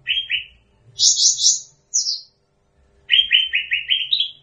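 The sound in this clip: Bird song of short buzzy chirp trills, high rasping bursts, then a quick rising run of chirps.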